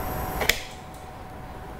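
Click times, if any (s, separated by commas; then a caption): 0.5 s. A disposable exhalation valve is pushed into its housing on a Dräger Evita ICU ventilator. A sharp plastic click comes at 0.5 s over a steady background hum, and the valve is confirmed seated.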